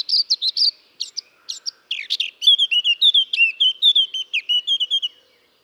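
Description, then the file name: Eurasian blackcap song: a few quick scratchy notes, then a rich run of clear, fluty whistled phrases that drift slightly lower toward the end. "Sylvia atricapilla"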